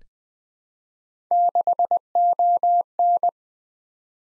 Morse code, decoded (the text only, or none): 6ON